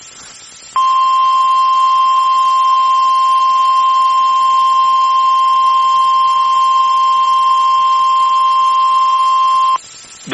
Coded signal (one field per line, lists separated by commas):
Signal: Emergency Alert System (SAME) tones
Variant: 1050 Hz attention tone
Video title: Tornado warning on WXJ96 (Eas 34)